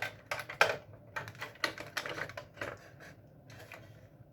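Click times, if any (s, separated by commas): none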